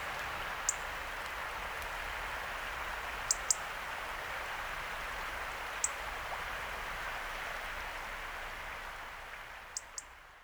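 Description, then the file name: European robin making scattered high, sharp ticks, some in close pairs, with long gaps between, set in a continuous broad hiss that fades near the end. "Erithacus rubecula"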